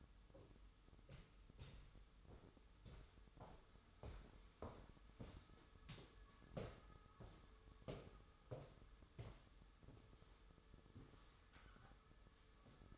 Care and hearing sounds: daily activity, microphone in the room; walk to room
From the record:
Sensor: 3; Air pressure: 988.2 hPa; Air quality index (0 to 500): 179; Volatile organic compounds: 170 ppm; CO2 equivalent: 4104 ppm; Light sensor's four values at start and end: 24/75/31/27 and 24/73/31/26

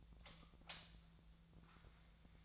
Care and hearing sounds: daily activity, microphone in the room; light off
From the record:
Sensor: 3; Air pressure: 1009.7 hPa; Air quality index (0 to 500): 190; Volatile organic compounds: 14 ppm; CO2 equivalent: 2473 ppm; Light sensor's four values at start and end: 46/120/51/52 and 39/97/42/45

